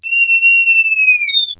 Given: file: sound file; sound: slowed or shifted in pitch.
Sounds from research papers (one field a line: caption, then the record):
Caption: Two-Syllable vocalization from a male B6 pup at pnd 8.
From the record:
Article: Unusual Repertoire of Vocalizations in the BTBR T+tf/J Mouse Model of Autism